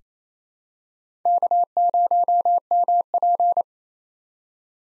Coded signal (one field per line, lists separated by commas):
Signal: Morse code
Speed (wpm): 28 wpm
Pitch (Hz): 700 Hz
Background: none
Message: K0MP